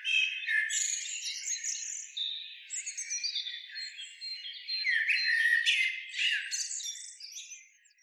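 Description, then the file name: Eurasian blackbird calls and chattering notes, a dense run of high, scratchy and squeaky phrases that continues with little pause for about seven seconds. "Turdus merula"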